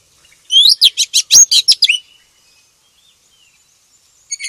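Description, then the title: Oriental magpie-robin giving a brief burst of loud, rapid whistled and scratchy notes, then quiet, with a short whistle at the end. "KACER HITAM"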